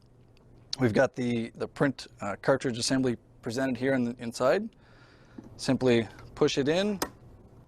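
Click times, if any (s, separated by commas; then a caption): none. An ink cartridge is being handled at the print cartridge assembly of an ID card printer while someone talks throughout. Only speech and faint background are heard, apart from two tiny ticks near the start at 0.0 and 0.4 seconds. Nothing has seated or clicked yet.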